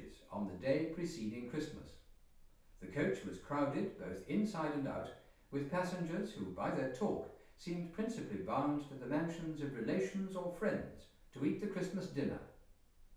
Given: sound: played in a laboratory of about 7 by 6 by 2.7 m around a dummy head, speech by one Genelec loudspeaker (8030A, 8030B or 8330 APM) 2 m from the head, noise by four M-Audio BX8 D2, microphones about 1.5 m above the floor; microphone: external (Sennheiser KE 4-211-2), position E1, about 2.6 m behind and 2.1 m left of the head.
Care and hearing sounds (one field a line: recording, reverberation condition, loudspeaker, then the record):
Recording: male speech in English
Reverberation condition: medium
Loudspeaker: 30 degrees to the left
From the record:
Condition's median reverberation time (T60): about 510 ms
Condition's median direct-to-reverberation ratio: about -0.5 dB